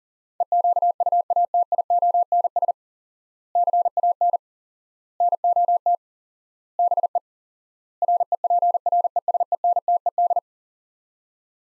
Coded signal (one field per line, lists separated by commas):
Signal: Morse code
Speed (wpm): 40 wpm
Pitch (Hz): 700 Hz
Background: none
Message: EQUATIONS CAN NOT BE REPRESENTED